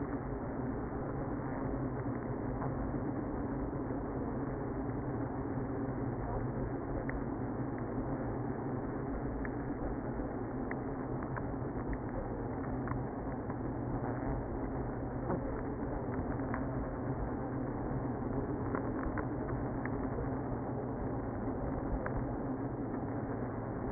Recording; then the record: honeybee colony, microphone inside the hive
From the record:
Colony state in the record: queenless (queen removed); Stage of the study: after two queens were removed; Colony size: about 60,000 bees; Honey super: yes